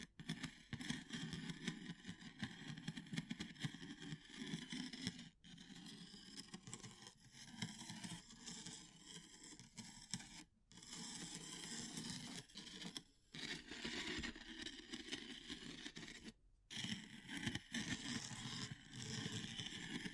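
Wood, bamboo and straw rustle and scrape in a dense, continuous crackle, broken by brief silences near five, ten and sixteen seconds.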